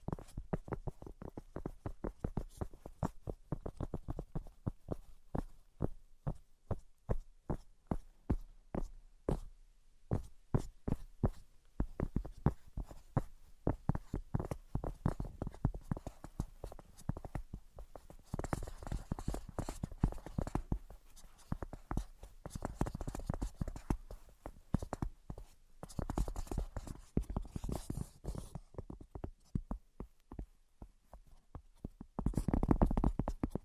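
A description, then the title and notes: Tapping runs through the whole clip as a rapid series of sharp, crisp taps, some soft and some louder. The rhythm is uneven, with quick flurries and brief pauses, and denser bursts near twenty seconds, around twenty-seven seconds, and at the very end. ASMR Brain Penetrating 3D Tapping (No Talking).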